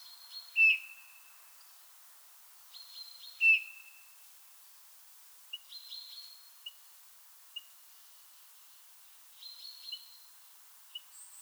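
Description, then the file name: Eurasian bullfinch gives two soft piping whistles early on, followed by scattered short chirps and faint higher twittering notes. "Pyrrhula pyrrhula"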